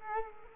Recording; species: mosquito wingbeat signal from an infrared sensor; Culex quinquefasciatus